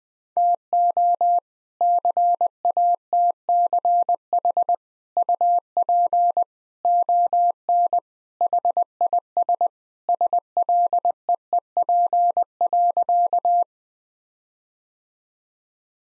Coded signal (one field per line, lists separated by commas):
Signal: Morse code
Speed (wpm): 20 wpm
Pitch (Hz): 700 Hz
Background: none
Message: TO CATCH UP ON HIS SLEEP.